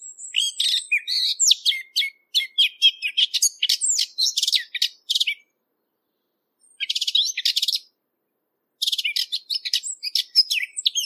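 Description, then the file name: Eurasian blackcap song: bursts of fast, scratchy, warbling notes with sharp chips and short whistles, broken by two silent pauses. "capinera"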